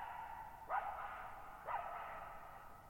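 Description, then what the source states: Coyote giving two short barks one second apart over a lingering echo. Lone coyote at night, July 14, 2019, at Thirtymile Meadows, Okanogan National Forest, Okanogan High Country, Pacific Northwest, 6400 ft, in a bowl-shaped meadow over boggy ground.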